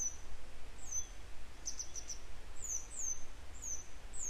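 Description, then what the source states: Grey wagtail calls, faint: high, thin notes, a quick cluster of short chips mid-way, then several down-slurred calls repeated roughly every half second over background hiss. A pair of grey wagtails still searching for their young; follow-up report.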